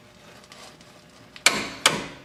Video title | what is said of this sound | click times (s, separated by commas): Ford Powerstroke Superduty Rear Brakes Overhaul | hear the click that means we're good to go | 1.5 s